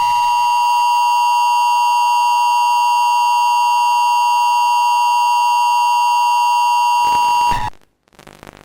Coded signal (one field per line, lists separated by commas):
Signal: Emergency Alert System (SAME) tones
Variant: 853 and 960 Hz attention tone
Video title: The Ohio creature part 1 | EAS scenario